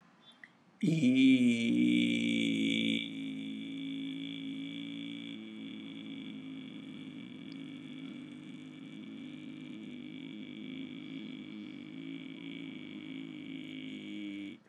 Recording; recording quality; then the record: sustained vowel as in beet; excellent, no background noise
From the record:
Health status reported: COVID-19 positive, moderate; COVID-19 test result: positive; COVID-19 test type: RT-PCR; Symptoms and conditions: cough, sore throat, fever, fatigue, muscle pain, another condition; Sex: male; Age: 48 years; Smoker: no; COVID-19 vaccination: both doses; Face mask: worn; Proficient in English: yes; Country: India